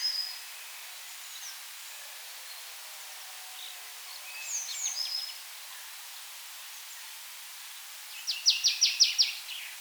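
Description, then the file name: Marsh tit with faint scattered notes earlier, then a loud, rapid series of clipped notes near the end. "Poecile palustris"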